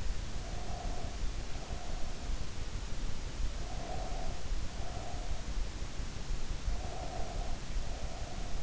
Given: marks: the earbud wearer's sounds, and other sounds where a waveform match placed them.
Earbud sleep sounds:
sounds in sleep by an in-ear microphone; breath
0.25-2.35 s: breath
3.50-5.52 s: breath
6.48-8.63 s: breath

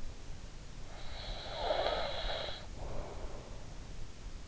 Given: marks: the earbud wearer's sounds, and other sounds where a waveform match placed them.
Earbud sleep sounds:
sounds in sleep by an in-ear microphone; snoring breath
0.92-3.67 s: snoring breath

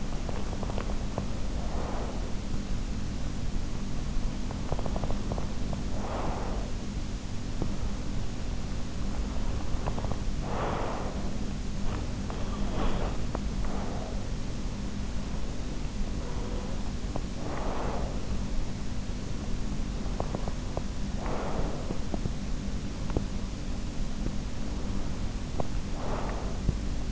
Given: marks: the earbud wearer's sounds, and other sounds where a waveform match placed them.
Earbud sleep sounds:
sounds in sleep by an in-ear microphone; teeth grinding, breath
0.00-1.37 s: teeth grinding
0.00-2.38 s: breath
4.46-5.59 s: teeth grinding
5.88-7.18 s: breath
9.47-10.39 s: teeth grinding
10.39-11.52 s: breath
12.52-14.32 s: breath
16.20-18.41 s: breath
20.04-21.08 s: teeth grinding
21.08-22.21 s: breath
22.88-23.63 s: teeth grinding
25.30-25.93 s: teeth grinding
25.93-26.93 s: breath

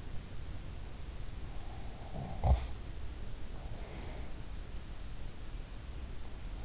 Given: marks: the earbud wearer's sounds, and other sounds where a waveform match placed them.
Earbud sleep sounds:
sounds in sleep by an in-ear microphone; snoring breath
1.75-4.88 s: snoring breath

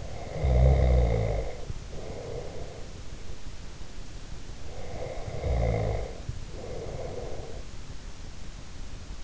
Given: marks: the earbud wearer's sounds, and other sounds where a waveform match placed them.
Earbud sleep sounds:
sounds in sleep by an in-ear microphone; snoring breath
0.00-3.18 s: snoring breath
4.41-7.79 s: snoring breath

